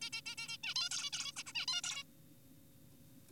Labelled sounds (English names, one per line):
Zebra Finch